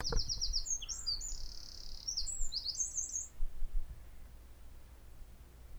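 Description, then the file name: Eurasian wren song: a fast, high burst of trills and rattling notes lasting about three seconds, then quiet with low background rumble. "Troglodytes troglodytes"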